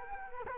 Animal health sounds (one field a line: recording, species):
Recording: mosquito wingbeat signal from an infrared sensor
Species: Culex quinquefasciatus